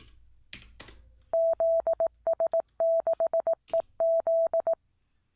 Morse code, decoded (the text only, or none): ZS6EZ